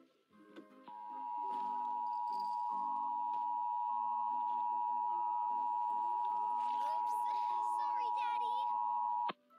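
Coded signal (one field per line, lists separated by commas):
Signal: Emergency Alert System (SAME) tones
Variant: 853 and 960 Hz attention tone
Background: speech, music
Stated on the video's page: EAS tests, one with a different voice.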